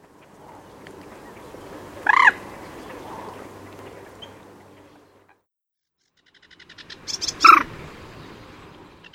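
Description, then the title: Common moorhen calls: a short loud croaking note, then after a pause a rough stuttering series building to a sharp croak, over faint background hiss. "Gallinella"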